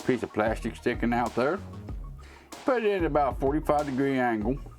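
An NVMe M.2 SSD is held at about a 45-degree angle against the M.2 slot on a Gigabyte B550M DS3H motherboard while someone talks. Two faint handling sounds are heard around 1.9 s and 2.5 s. Nothing has seated or clicked yet.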